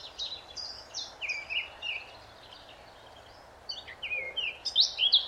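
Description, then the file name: Eurasian blackcap song in short fragments: a few clear slurred and buzzy notes, a short pause, then a brighter warbled burst, with faint low hum. "Sylvia atricapilla"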